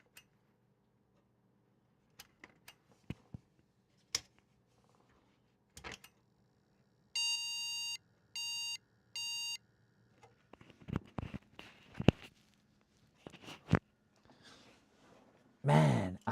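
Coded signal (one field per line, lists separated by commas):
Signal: beep code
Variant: ASUS motherboard POST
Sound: handling clicks, then one long beep and two short beeps, then rustling noises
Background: handling and rustling noises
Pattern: 1 long, 2 short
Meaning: One long and two short beeps signal a graphics card or video error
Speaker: and see if we still do the same second graphics card or third graphics card cuz first one didn't do it either.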